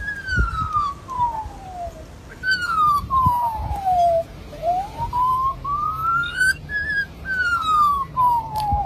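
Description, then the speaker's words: Australian magpie imitating a siren: long whistled tones that slide down twice, then rise and fall again in a wailing pattern, over low background noise. Magpie imitating emergency services sirens it heard, recorded in Australia in 2020 while the country was burning; played on radio. "It's a magpie. It was recorded in 2020 when Australia was burning and the magpie was hearing all these emergency services."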